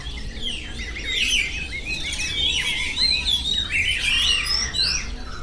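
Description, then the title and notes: Many birds singing together, a dense mix of high chirps, trills and whistled phrases that swell after the first second, over a steady low hum. Birds singing in the Bird Garden, Mongkok, Hong Kong, 15 February 2008; recorded with AKG condenser microphones in XY stereo. "香港 旺角 雀鳥花園 雀鳥唱歌 Bird Singing in the Bird Garden, Mongkok, Hong Kong Date: 15 February 2008"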